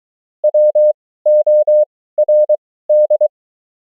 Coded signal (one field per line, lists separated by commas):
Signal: Morse code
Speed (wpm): 23 wpm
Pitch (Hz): 600 Hz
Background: none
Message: WORD